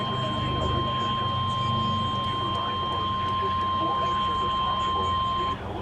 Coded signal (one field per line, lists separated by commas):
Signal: Emergency Alert System (SAME) tones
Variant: 1050 Hz attention tone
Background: speech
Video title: NOAA Weather Radio Weekly Tests (EAS #1986-1994)